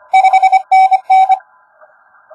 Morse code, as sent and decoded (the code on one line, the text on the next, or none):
..... -. -.
5NN